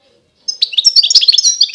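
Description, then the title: European goldfinch giving a quick, tumbling run of high, tinkling notes and chirps, starting abruptly after a short silence. Wild bird. "اجمل غناءالحسون الخلويchant chardonneret sauvage"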